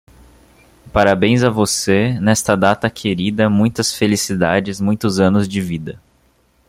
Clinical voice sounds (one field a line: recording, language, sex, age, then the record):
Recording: short text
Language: Brazilian Portuguese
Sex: male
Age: 20 to 29 years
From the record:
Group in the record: control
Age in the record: 22 years